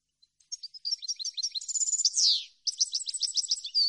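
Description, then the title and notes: European goldfinch singing a fast jumble of sweet twitters and trills, a drawn-out falling buzz midway, then more chattering notes. Clean goldfinch song for song copying (training). "canto de jilguero limpio para copia"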